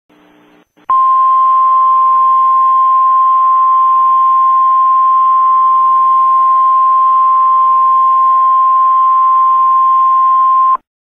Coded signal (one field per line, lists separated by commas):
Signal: Emergency Alert System (SAME) tones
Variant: 1050 Hz attention tone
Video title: EAS Code W Warning 8/27/10